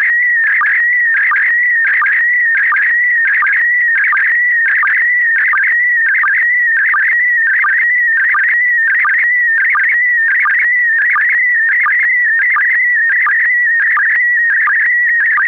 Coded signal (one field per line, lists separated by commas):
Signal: SSTV (slow-scan television)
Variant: PD 90